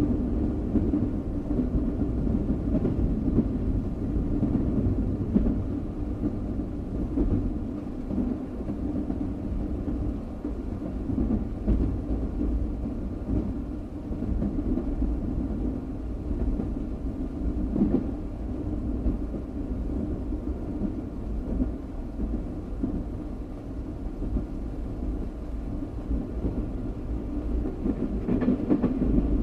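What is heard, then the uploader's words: A train rumbles steadily and low throughout, a dense, continuous roar with faint rhythmic clatter and occasional brief knocks, swelling slightly near the end. Train Sound For Sleeping or Relaxation.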